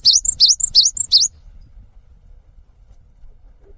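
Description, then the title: Cinereous tit giving a short, quick run of about five high, sweeping whistled notes, then falling silent. Actively singing bird giving long 'wucit' calls that provoke other birds of its kind to join in and call. "GELATIK BATU GACOR WUCIT PANJANGNYA BIKIN GELATIK LAIN JADI TERPANCING UNTUK IKUT BUNYI"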